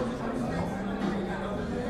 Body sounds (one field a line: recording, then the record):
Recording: background sound without coughing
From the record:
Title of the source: 60 minutes of coffee shop sounds for study and concentration